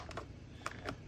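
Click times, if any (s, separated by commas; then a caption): 0.7 s. The plastic rear cap of a Frankengeek wand light kit is pressed by hand onto the trigger box of a Life Size Spirit Halloween Neutrino Wand prop. After a few faint handling taps, a sharp snap at 0.7 s marks the cover seating in place, followed by a softer tap near 0.9 s.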